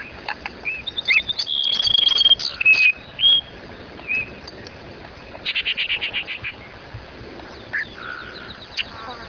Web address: Webb. Cassin's Sparrow